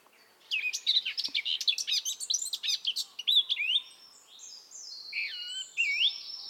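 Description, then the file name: Eurasian blackcap singing a hurried, scratchy warble of mixed high notes, followed by a few clearer, longer whistled phrases. "Sylvia atricapilla"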